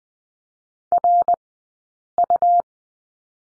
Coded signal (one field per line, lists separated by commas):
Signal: Morse code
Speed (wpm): 20 wpm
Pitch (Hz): 700 Hz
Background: none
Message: RU